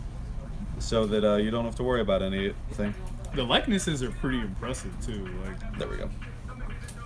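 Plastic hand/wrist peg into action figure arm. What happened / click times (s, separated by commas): The small plastic part is being handled and has not seated yet / none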